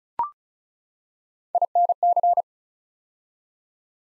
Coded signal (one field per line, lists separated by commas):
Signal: Morse code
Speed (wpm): 33 wpm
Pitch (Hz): 700 Hz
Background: none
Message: INC